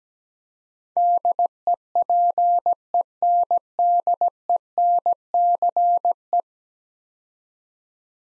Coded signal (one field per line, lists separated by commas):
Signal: Morse code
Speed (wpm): 17 wpm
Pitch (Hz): 700 Hz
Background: none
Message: DEPENDENCE